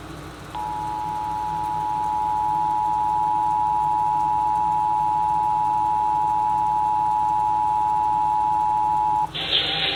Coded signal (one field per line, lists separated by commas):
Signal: Emergency Alert System (SAME) tones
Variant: 853 and 960 Hz attention tone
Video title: EAS #280 - Wuh BOC FM Required Monthly Test (Failed)